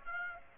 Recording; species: mosquito wingbeat signal from an infrared sensor; Aedes aegypti